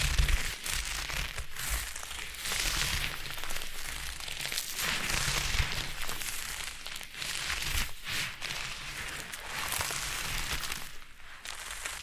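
Foam being massaged and squeezed, giving a dense, continuous crackling and squishing texture that stays steady for the whole twelve seconds. Bright, fizzy detail dominates, with soft low thumps and brief dips around eight and eleven seconds as the pressure shifts.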